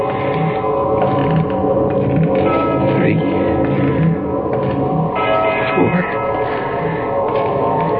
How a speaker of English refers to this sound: And then way off in the distance, I heard the deep-throated bongs of a church bell striking the hour. I stopped running. I waited. I counted.